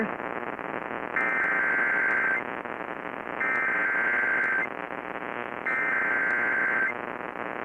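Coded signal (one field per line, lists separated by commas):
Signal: Emergency Alert System (SAME) tones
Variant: header bursts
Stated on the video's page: Severe weather alerts received by DXing.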